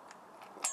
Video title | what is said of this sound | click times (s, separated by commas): 1997 Sport Nautique video 1 | What they do is they pop. | 0.6 s